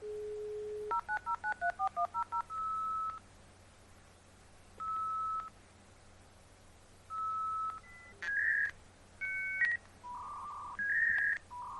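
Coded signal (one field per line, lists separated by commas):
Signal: dial-up modem handshake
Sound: dial tone, about nine quick touch-tone digits, single tones, then warbling two-tone squeals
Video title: 💥🔊📲Dial Up Modem (Sound Effect)🔌💻🎧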